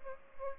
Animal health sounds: mosquito wingbeat signal from an infrared sensor; Aedes albopictus

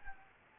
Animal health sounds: mosquito wingbeat signal from an infrared sensor; Anopheles gambiae

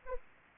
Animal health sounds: mosquito wingbeat signal from an infrared sensor; Anopheles arabiensis

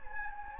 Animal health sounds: mosquito wingbeat signal from an infrared sensor; Anopheles gambiae

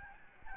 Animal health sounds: mosquito wingbeat signal from an infrared sensor; Aedes albopictus

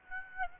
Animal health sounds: mosquito wingbeat signal from an infrared sensor; Aedes aegypti

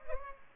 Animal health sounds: mosquito wingbeat signal from an infrared sensor; Culex pipiens

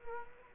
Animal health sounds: mosquito wingbeat signal from an infrared sensor; Culex quinquefasciatus

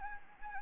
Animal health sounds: mosquito wingbeat signal from an infrared sensor; Anopheles gambiae

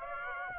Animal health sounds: mosquito wingbeat signal from an infrared sensor; Aedes aegypti

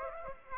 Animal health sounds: mosquito wingbeat signal from an infrared sensor; Aedes aegypti

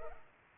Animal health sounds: mosquito wingbeat signal from an infrared sensor; Culex pipiens

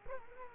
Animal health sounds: mosquito wingbeat signal from an infrared sensor; Culex quinquefasciatus

